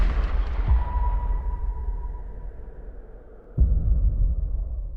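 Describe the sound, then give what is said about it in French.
Two rifle shots crack out against a steady low rumble, a softer report early on and a louder, sharper one later, each followed by a deep booming tail. “The trigger is an extension of my fist.”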